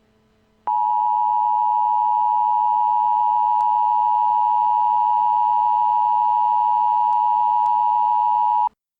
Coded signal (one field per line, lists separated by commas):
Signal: Emergency Alert System (SAME) tones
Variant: 853 and 960 Hz attention tone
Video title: EAS Scenario - JTK Rampage (60fps Version)